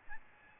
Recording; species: mosquito wingbeat signal from an infrared sensor; Aedes albopictus